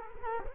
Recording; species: mosquito wingbeat signal from an infrared sensor; Culex quinquefasciatus